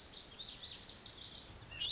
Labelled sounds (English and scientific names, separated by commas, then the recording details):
Lazuli Bunting (Passerina amoena)
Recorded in Sonoma County, California